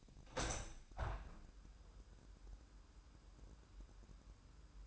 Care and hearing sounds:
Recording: daily activity, microphone in the room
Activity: open window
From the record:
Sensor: 2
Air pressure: 998.5 hPa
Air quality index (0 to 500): 128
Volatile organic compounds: 3 ppm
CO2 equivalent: 1452 ppm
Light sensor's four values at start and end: 6/15/6/6 and 6/15/6/7

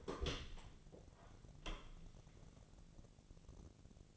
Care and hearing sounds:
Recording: daily activity, microphone in the room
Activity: open door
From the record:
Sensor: 4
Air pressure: 1001.3 hPa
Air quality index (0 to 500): 185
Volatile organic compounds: 3 ppm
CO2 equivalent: 1323 ppm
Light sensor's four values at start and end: 16/37/15/16 and 14/33/14/14

